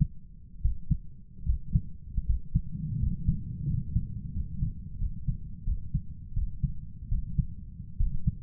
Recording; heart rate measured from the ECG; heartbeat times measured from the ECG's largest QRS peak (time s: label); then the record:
heart sounds by stethoscope; 82 bpm
0.61 s: heartbeat
1.45 s: heartbeat
2.25 s: heartbeat
2.98 s: heartbeat
3.66 s: heartbeat
4.32 s: heartbeat
4.97 s: heartbeat
5.63 s: heartbeat
6.33 s: heartbeat
7.08 s: heartbeat
7.96 s: heartbeat
From the record:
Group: healthy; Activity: rest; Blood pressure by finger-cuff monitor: 105/75 mmHg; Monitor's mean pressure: 83 mmHg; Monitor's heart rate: 80 bpm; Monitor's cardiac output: 6.8 L/min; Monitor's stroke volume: 86 mL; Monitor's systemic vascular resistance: 900 dyn s/cm5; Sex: male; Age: 23 years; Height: 178 cm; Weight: 96.6 kg